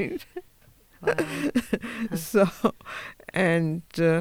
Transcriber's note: she laughs